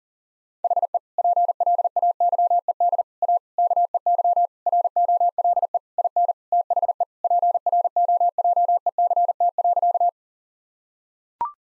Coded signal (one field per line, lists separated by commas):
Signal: Morse code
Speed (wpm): 37 wpm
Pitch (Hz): 700 Hz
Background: none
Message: HE PLAYED A KEY ROLE IN THE PROJECT.